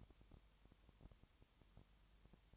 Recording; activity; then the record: daily activity, microphone in the room; no activity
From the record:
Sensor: 3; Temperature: 20.6 degrees Celsius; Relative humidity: 34.7%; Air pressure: 1007.2 hPa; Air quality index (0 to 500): 137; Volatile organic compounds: 3 ppm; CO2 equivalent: 1525 ppm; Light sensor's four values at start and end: 2/3/2/2 and 2/3/2/2